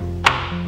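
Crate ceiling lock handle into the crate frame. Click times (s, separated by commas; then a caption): 0.3 s. The ceiling lock handle of a raised collapsible dog crate is turned 90 degrees into the crate frame to lock it. A single sharp click sounds at 0.3 s over a steady low hum. The ceiling lock clicks home and is seated.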